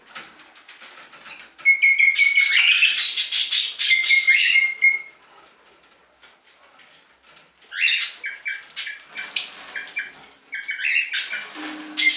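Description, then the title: Budgerigar warbling: a long, buzzy, scratchy chatter, a pause, then more chirps and squeaks. "Budgie Sounds"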